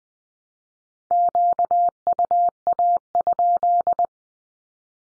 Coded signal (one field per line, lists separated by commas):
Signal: Morse code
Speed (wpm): 20 wpm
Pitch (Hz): 700 Hz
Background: none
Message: QUA?